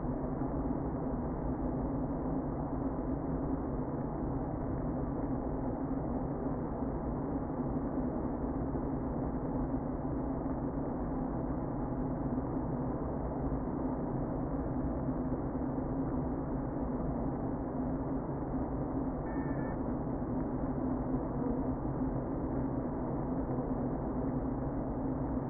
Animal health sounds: honeybee colony, microphone inside the hive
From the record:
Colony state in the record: queen present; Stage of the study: before two queens were removed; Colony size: about 60,000 bees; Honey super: yes

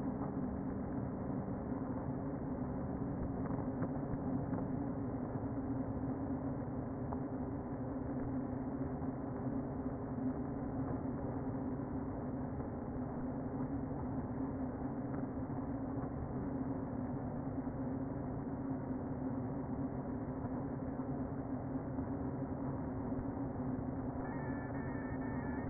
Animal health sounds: honeybee colony, microphone inside the hive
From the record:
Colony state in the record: queen present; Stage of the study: before two queens were removed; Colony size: about 60,000 bees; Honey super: yes

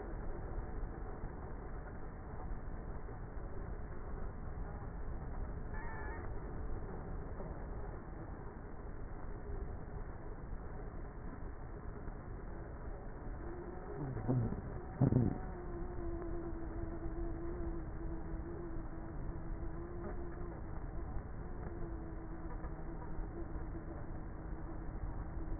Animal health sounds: honeybee colony, microphone inside the hive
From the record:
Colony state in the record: queenless with a low population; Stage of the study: before two queens were removed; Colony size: about 30,000 bees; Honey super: no

